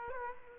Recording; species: mosquito wingbeat signal from an infrared sensor; Aedes aegypti